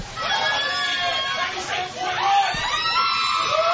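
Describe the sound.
A group of naked, drunk women scream and cheer together in the grotto at the Playboy Mansion, their high-pitched voices overlapping in a steady, excited din of squeals and whoops that lasts throughout.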